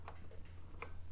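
A newly installed reverse gear shifter lever on a motorcycle transmission reverse unit is handled and pushed down, making two short ticks at about 0.1 s and 0.8 s over a steady low hum. The lever has not locked into place yet, and nothing has seated or clicked home.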